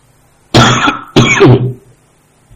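Two loud, harsh coughs in quick succession, the second one longer and rougher, followed by silence.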